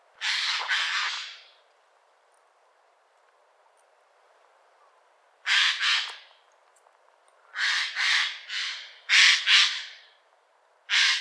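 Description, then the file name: Eurasian jay uttering loud, hoarse screeches, a long drawn call followed by clustered rasping notes, separated by silent gaps. "Garrulus glandarius"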